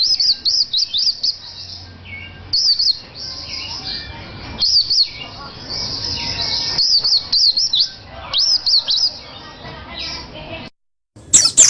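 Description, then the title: Oriental white-eye delivering repeated quick clusters of high slurred chirps, each burst lasting under a second, with short quiet gaps between. Individual named Mr. Kebo, Malang, East Java. "Pleci Mr. Kebo Malang - Jawa Timur"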